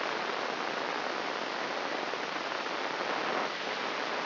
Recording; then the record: brain microelectrode recording played as sound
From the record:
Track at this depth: outside the subthalamic nucleus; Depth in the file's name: 1.113 mm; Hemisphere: left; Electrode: 3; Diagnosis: Parkinson's disease